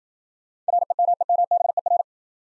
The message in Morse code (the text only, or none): REMEMBER